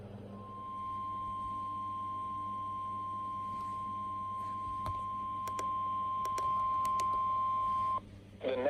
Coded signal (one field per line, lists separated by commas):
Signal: Emergency Alert System (SAME) tones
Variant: 1050 Hz attention tone